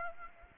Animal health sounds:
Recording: mosquito wingbeat signal from an infrared sensor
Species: Aedes aegypti

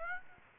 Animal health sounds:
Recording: mosquito wingbeat signal from an infrared sensor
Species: Aedes aegypti

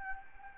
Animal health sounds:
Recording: mosquito wingbeat signal from an infrared sensor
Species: Anopheles gambiae

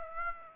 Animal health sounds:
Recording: mosquito wingbeat signal from an infrared sensor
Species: Aedes aegypti

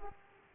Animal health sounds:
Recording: mosquito wingbeat signal from an infrared sensor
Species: Aedes aegypti

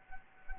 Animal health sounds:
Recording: mosquito wingbeat signal from an infrared sensor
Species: Anopheles arabiensis

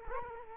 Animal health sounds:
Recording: mosquito wingbeat signal from an infrared sensor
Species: Culex quinquefasciatus

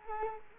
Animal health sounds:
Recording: mosquito wingbeat signal from an infrared sensor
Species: Culex quinquefasciatus

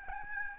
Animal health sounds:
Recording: mosquito wingbeat signal from an infrared sensor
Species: Aedes albopictus

